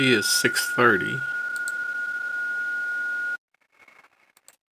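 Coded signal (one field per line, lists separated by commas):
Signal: PSK31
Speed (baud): 31.25 baud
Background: speech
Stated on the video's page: PSK31 from an FTDX10 at 40 watts into a 71 ft end-fed antenna, using FLDIGI.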